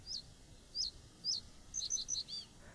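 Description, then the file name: Common reed bunting song: three separate high chirps, then a quicker run of ringing notes, over a steady low background hiss. "Potrzos"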